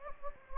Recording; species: mosquito wingbeat signal from an infrared sensor; Anopheles gambiae